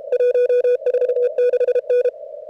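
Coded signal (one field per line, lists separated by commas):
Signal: Morse code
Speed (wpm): 32 wpm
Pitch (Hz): 500 Hz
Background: none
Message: 146N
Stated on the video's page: CWops CWT contest at 550 Hz, search-and-pounce moving into running.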